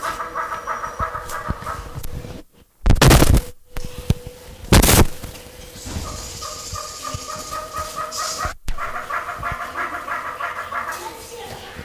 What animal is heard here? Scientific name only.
Psilopogon pyrolophus